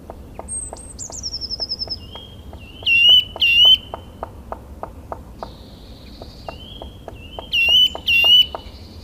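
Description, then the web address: Black woodpecker calls, two bursts of loud, ringing, harsh notes given in pairs, with a high descending trill at the start and steady faint ticking throughout. "agykontroll Madardalok Cd 1. Fekete harkály"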